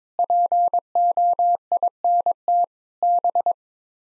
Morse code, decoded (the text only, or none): POINT B